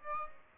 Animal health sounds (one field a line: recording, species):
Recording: mosquito wingbeat signal from an infrared sensor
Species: Aedes aegypti